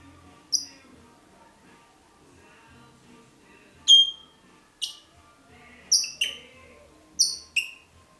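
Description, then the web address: Red-rumped parrot calls: several sharp, high chirps spaced out over several seconds against a quiet background. "pevcii-popugai parrots psephotus-haematonotus"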